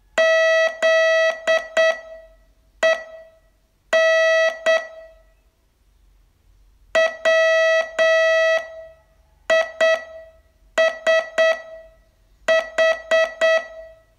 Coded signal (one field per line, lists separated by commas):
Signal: Morse code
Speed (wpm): 8 wpm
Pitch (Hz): 650 Hz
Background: none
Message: ZEN WISH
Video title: Learn Morse in 42 Days from VU2LAU - day 23 test